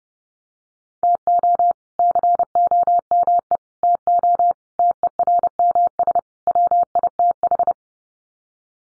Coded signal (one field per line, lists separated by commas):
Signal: Morse code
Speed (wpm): 30 wpm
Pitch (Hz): 700 Hz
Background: none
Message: TO COME TO TERMS WITH